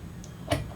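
A 1/4-inch TRS jack is pushed into a mixer's balanced stereo input socket, with a faint high tick at 0.2 s and then a sharp click at 0.5 s. This is the first of the jack's two detent clicks. The connector is only partly inserted, still about a quarter inch short of the top and not fully home.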